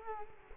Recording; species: mosquito wingbeat signal from an infrared sensor; Culex quinquefasciatus